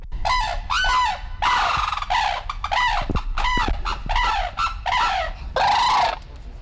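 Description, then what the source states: Sarus crane giving loud, harsh trumpeting calls in a rapid series. Lame captive female at Dublin Zoo, Phoenix Park, Dublin, resisting being caught for a veterinary examination of her leg; documentary first broadcast 1981.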